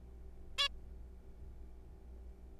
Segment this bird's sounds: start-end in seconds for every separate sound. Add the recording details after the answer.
0.59-0.68. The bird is a juvenile. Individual R3428